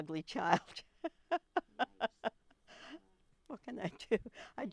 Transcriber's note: laughs